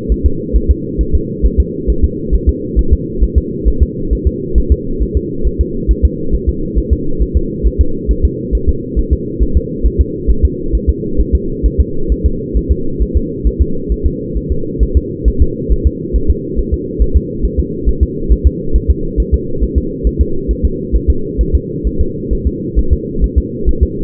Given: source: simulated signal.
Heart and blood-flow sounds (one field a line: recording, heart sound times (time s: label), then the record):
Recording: fetal heart sounds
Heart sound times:
0.12 s: S1
0.26 s: S2
0.56 s: S1
0.71 s: S2
1.01 s: S1
1.15 s: S2
1.46 s: S1
1.60 s: S2
1.90 s: S1
2.04 s: S2
2.34 s: S1
2.49 s: S2
2.79 s: S1
2.93 s: S2
3.23 s: S1
3.38 s: S2
3.68 s: S1
3.83 s: S2
4.13 s: S1
4.27 s: S2
4.58 s: S1
4.72 s: S2
5.02 s: S1
5.17 s: S2
5.47 s: S1
5.61 s: S2
5.91 s: S1
6.05 s: S2
6.34 s: S1
6.49 s: S2
6.78 s: S1
6.93 s: S2
7.22 s: S1
7.37 s: S2
7.67 s: S1
7.81 s: S2
8.11 s: S1
8.25 s: S2
8.55 s: S1
8.69 s: S2
8.99 s: S1
9.13 s: S2
9.42 s: S1
9.57 s: S2
9.86 s: S1
10.01 s: S2
10.30 s: S1
10.45 s: S2
10.75 s: S1
10.89 s: S2
11.20 s: S1
11.35 s: S2
11.66 s: S1
11.80 s: S2
12.12 s: S1
12.26 s: S2
12.57 s: S1
12.72 s: S2
13.02 s: S1
13.17 s: S2
13.47 s: S1
13.61 s: S2
13.92 s: S1
14.06 s: S2
14.37 s: S1
14.52 s: S2
14.83 s: S1
14.97 s: S2
15.28 s: S1
15.42 s: S2
15.72 s: S1
15.87 s: S2
16.16 s: S1
16.30 s: S2
16.59 s: S1
16.74 s: S2
17.02 s: S1
17.17 s: S2
17.45 s: S1
17.60 s: S2
17.89 s: S1
18.03 s: S2
18.32 s: S1
18.47 s: S2
18.76 s: S1
18.91 s: S2
19.20 s: S1
19.34 s: S2
19.63 s: S1
19.78 s: S2
20.07 s: S1
20.21 s: S2
20.51 s: S1
20.65 s: S2
20.95 s: S1
21.10 s: S2
21.41 s: S1
21.55 s: S2
21.87 s: S1
22.01 s: S2
22.33 s: S1
22.47 s: S2
22.79 s: S1
22.93 s: S2
23.24 s: S1
23.38 s: S2
23.69 s: S1
23.83 s: S2
From the record:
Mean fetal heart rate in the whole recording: 135 bpm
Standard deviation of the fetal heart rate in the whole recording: 3 bpm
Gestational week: 34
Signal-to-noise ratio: -8.1 dB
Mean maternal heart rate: 72 bpm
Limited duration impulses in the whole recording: absent